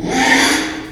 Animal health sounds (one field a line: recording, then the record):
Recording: squeal of a Yucatan mini pig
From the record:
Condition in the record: after surgery on the right vocal fold (resection and tissue-engineered implant)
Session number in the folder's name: 3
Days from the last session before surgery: 33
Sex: male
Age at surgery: 12 weeks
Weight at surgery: 13 kg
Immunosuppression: cyclosporine, prednisolone